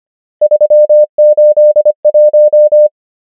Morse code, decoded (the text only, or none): 3 8 1